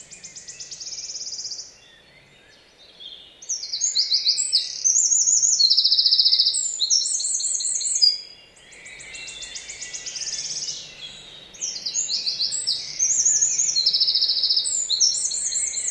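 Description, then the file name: Eurasian wren singing high, fast trilled phrases with rattling buzzes, broken by short pauses, then starting again; steady soft background hiss throughout. "Troglodytes troglodytes"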